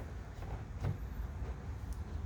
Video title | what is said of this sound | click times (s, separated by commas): 2012 Chevy Duramax DEF tank removal and repair - Overheating - Melting | so clockwise to lock it I think you need to hear a click there you go to close the top | 1.9 s